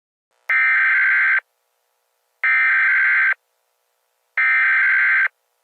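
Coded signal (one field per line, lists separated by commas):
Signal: Emergency Alert System (SAME) tones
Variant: header bursts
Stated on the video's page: Simulated fictional EAS scenario, not a real alert.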